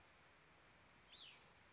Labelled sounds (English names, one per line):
Cassin's Vireo